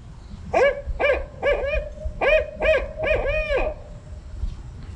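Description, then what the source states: Barred Owl hooting call: a series of rich, rhythmic hoots with slurred, downward-dropping ends, about nine notes over three seconds. Generic, stereotypic call, played back as an example; some people say it sounds like 'who cooks for you'.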